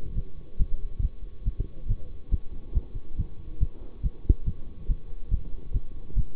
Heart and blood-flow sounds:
heart sounds by stethoscope; between the tricuspid and mitral areas; 140 bpm
0.14 s: heartbeat
0.57 s: heartbeat
1.00 s: heartbeat
1.44 s: heartbeat
1.87 s: heartbeat
2.30 s: heartbeat
2.73 s: heartbeat
3.16 s: heartbeat
3.59 s: heartbeat
4.01 s: heartbeat
4.44 s: heartbeat
4.87 s: heartbeat
5.29 s: heartbeat
5.72 s: heartbeat
6.15 s: heartbeat
From the record:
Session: bicycle stress test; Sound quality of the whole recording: good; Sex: male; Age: 24 years

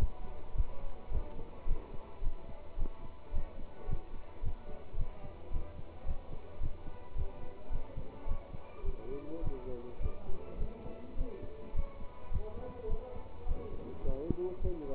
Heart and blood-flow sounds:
heart sounds by stethoscope; between the tricuspid and mitral areas; 107 bpm
0.54 s: heartbeat
1.10 s: heartbeat
1.66 s: heartbeat
2.22 s: heartbeat
2.77 s: heartbeat
3.32 s: heartbeat
3.87 s: heartbeat
4.42 s: heartbeat
4.96 s: heartbeat
5.51 s: heartbeat
6.05 s: heartbeat
6.60 s: heartbeat
7.15 s: heartbeat
7.70 s: heartbeat
8.26 s: heartbeat
8.83 s: heartbeat
9.42 s: heartbeat
9.99 s: heartbeat
10.58 s: heartbeat
11.16 s: heartbeat
11.73 s: heartbeat
12.30 s: heartbeat
12.88 s: heartbeat
13.46 s: heartbeat
14.03 s: heartbeat
14.60 s: heartbeat
From the record:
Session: pedaling a stationary bicycle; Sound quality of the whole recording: good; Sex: male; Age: 27 years

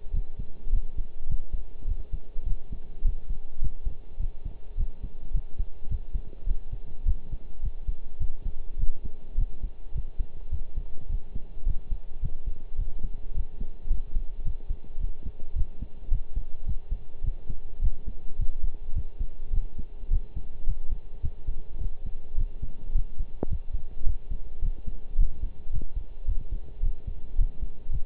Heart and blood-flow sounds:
heart sounds by stethoscope; between the tricuspid and mitral areas; 106 bpm
0.13 s: heartbeat
0.72 s: heartbeat
1.29 s: heartbeat
1.87 s: heartbeat
2.46 s: heartbeat
3.04 s: heartbeat
3.62 s: heartbeat
4.19 s: heartbeat
4.77 s: heartbeat
5.34 s: heartbeat
5.90 s: heartbeat
6.46 s: heartbeat
7.05 s: heartbeat
7.63 s: heartbeat
8.20 s: heartbeat
8.78 s: heartbeat
9.37 s: heartbeat
9.95 s: heartbeat
10.51 s: heartbeat
11.09 s: heartbeat
11.66 s: heartbeat
12.22 s: heartbeat
12.78 s: heartbeat
13.34 s: heartbeat
13.90 s: heartbeat
14.45 s: heartbeat
15.00 s: heartbeat
15.55 s: heartbeat
16.11 s: heartbeat
16.67 s: heartbeat
17.24 s: heartbeat
17.81 s: heartbeat
18.39 s: heartbeat
18.96 s: heartbeat
19.53 s: heartbeat
20.10 s: heartbeat
20.67 s: heartbeat
21.23 s: heartbeat
21.80 s: heartbeat
22.37 s: heartbeat
22.95 s: heartbeat
23.50 s: heartbeat
24.06 s: heartbeat
24.62 s: heartbeat
25.18 s: heartbeat
25.73 s: heartbeat
26.27 s: heartbeat
26.82 s: heartbeat
27.38 s: heartbeat
27.92 s: heartbeat
From the record:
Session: pedaling a stationary bicycle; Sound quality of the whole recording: partially saturated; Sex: male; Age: 23 years

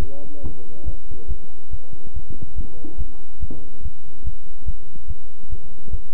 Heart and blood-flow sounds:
heart sounds by stethoscope; between the tricuspid and mitral areas; 142 bpm
0.43 s: heartbeat
0.86 s: heartbeat
1.28 s: heartbeat
1.71 s: heartbeat
2.14 s: heartbeat
2.56 s: heartbeat
2.98 s: heartbeat
3.40 s: heartbeat
3.83 s: heartbeat
4.25 s: heartbeat
4.66 s: heartbeat
5.08 s: heartbeat
5.50 s: heartbeat
5.91 s: heartbeat
From the record:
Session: bicycle stress test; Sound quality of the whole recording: good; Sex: male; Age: 23 years

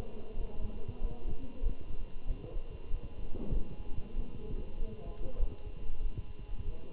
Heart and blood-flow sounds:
heart sounds by stethoscope; between the tricuspid and mitral areas; 96 bpm
0.36 s: heartbeat
1.01 s: heartbeat
1.62 s: heartbeat
2.26 s: heartbeat
2.90 s: heartbeat
3.52 s: heartbeat
4.15 s: heartbeat
4.78 s: heartbeat
5.39 s: heartbeat
6.01 s: heartbeat
6.64 s: heartbeat
From the record:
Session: Bruce protocol treadmill stress test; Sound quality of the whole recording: good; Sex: male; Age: 27 years

